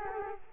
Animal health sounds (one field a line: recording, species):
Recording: mosquito wingbeat signal from an infrared sensor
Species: Culex quinquefasciatus